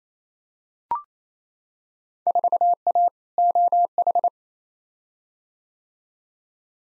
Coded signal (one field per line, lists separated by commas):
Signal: Morse code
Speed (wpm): 28 wpm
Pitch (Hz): 700 Hz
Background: none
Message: 4A OH